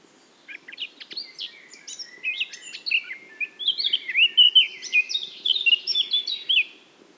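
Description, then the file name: Eurasian blackcap singing a subdued chattering warble that swells into brighter fluty whistles, with a faint low background hum throughout. "Sylvia atricapilla"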